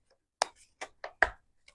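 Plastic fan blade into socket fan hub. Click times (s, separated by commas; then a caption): 1.2 s. A plastic fan blade, lined up by its arrow, is pushed firmly into the hub of a socket fan, with a few sharp plastic taps and knocks at about 0.4, 0.8 and 1.0 seconds. A loud, crisp click at 1.2 seconds marks the blade snapping into place, followed by a faint tick near 1.7 seconds. The blade is seated in the hub.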